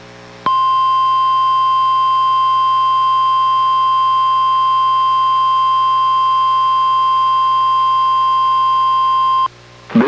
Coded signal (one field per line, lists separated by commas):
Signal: Emergency Alert System (SAME) tones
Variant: 1050 Hz attention tone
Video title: EAS #924: NWR Required Weekly Test- Apr. 10, 2024- 11:04AM PDT